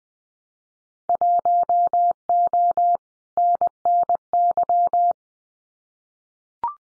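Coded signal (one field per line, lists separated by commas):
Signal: Morse code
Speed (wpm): 20 wpm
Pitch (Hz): 700 Hz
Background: none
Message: 1O NNY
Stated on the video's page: Simulated Winter Field Day exchanges in Morse at 20 wpm for head-copy practice, each sent, spoken, then sent again.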